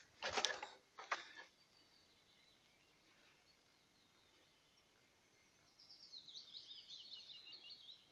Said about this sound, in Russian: Горка кончилась. Я услыхал какую-то интересную птицу.